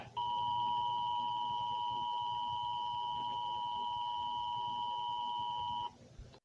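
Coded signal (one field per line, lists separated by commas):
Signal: Emergency Alert System (SAME) tones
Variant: 853 and 960 Hz attention tone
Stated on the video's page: Fictional EAS scenario, not a real alert.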